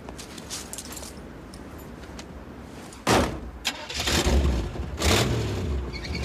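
A car engine, being kept warm, hums low and steady, then turns over with a sudden loud burst and revs up in a few surging roars before settling into a running rumble.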